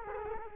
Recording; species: mosquito wingbeat signal from an infrared sensor; Culex quinquefasciatus